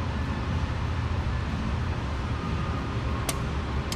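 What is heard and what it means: A click-type torque wrench tightens a connecting rod cap bolt on its first pass to 17 ft-lb, over a steady low rumble. A sharp tick comes at 3.3 s, and the wrench clicks at the 17 ft-lb setting at 3.9 s, confirming the bolt reached torque.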